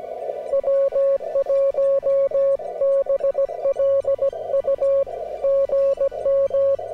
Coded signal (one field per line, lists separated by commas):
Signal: Morse code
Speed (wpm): 17 wpm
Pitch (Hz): 1100 Hz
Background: music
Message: W1BLU GM